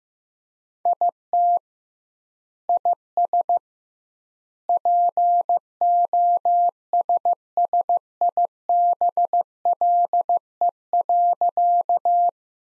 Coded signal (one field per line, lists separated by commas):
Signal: Morse code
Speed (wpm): 16 wpm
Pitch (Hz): 700 Hz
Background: none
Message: IT IS POSSIBLE.